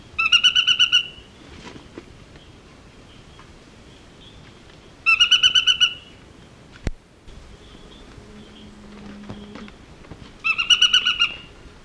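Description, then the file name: Narino tapaculo call: three brief bursts of fast pulsed notes roughly every five seconds, with a faint low hum and a sharp click between them. "Scytalopus vicinior - Narino Tapaculo"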